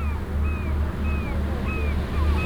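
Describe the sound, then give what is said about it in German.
Steady rushing wash of sea waves over a deep, constant engine drone from a ferry deck, with faint thin whistling tones sliding in and out above. “Vom Deck aus ist das Meer ringsum so groß, wie es an Land niemals sein kann.”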